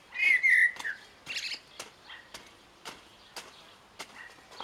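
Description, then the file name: Common blackbird song: a few clear whistled notes near the start, a brief high twitter, then faint sharp ticks at irregular intervals. "Turdus merula"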